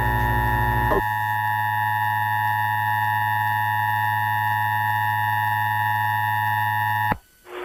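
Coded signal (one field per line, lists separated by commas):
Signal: Emergency Alert System (SAME) tones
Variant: 853 and 960 Hz attention tone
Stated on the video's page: Recreation of another creator's fictional tornado EAS scenario.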